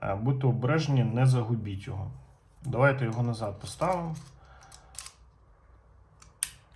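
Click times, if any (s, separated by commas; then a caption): 6.4 s. Someone talks while putting the spent-case extractor back into the metal revolver's cylinder, followed by a few light handling taps. The extractor is pushed in until it seats with a sharp click at 6.4 s, after which it no longer falls out.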